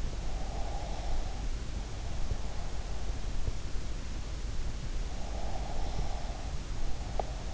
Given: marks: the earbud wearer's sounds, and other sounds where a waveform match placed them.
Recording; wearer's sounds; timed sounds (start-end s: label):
sounds in sleep by an in-ear microphone; breath
0.38-1.40 s: breath
5.33-7.54 s: breath